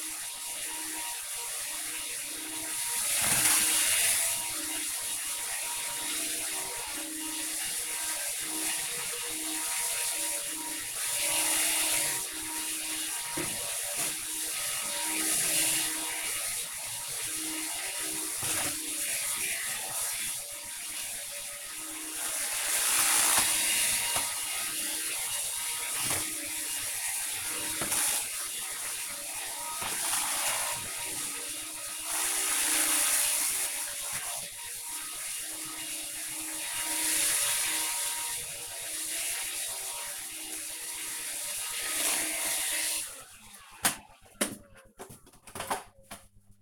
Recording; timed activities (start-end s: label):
household activities, microphone on the right wrist
0.00-43.87 s: vacuum cleaning